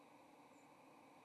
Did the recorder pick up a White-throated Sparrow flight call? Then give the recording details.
yes. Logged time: 07:44 on 30 October 2014